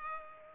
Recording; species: mosquito wingbeat signal from an infrared sensor; Culex pipiens